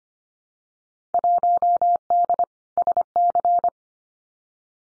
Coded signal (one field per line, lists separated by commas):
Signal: Morse code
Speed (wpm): 25 wpm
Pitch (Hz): 700 Hz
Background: none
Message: 1D SC